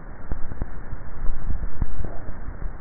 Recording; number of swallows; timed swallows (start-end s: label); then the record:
swallowing sounds by neck microphone; 1
1.12-2.45 s: swallow
From the record:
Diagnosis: dysphagia